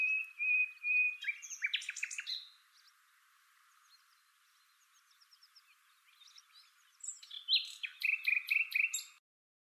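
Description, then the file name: Common nightingale song: a sustained whistle then rapid repeated chattering notes, a quiet pause with faint twitters, then another loud series of repeated notes. "Luscinia megarhynchos"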